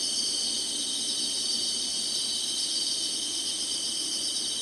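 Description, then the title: Insects trilling together in a thick, shrill, continuous drone with no pauses, bright and even throughout. Singing, in summer. "SINGING INSECTS SUMMER"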